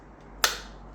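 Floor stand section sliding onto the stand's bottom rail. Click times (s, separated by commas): 0.4 s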